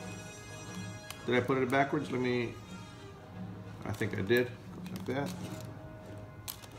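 Someone talks over background music while refitting one half of a plastic case (Otterbox Defender or Pelican Voyager) onto a Samsung Galaxy S8+ smartphone, after turning the piece around because it had been on backwards. A sharp click at 6.5 s marks the case half seating onto the phone.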